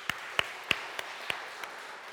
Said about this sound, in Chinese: 今天是青少年主日，我们要谢谢我们青少年团契，特别他们今天午间他们有参与服事，然后也有呈现节目，他们也在晚上的时候也到来晚堂服事，也来呈现节目啊，好吧，我们给他们一个掌声好吗？